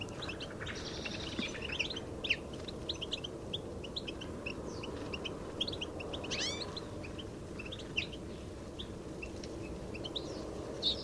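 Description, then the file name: European goldfinch calls: busy, high twittering of quick chirps through the whole recording, with a brief rising flurry midway, and low steady background noise beneath. "Carduelis carduelis"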